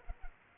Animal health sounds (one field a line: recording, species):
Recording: mosquito wingbeat signal from an infrared sensor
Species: Culex quinquefasciatus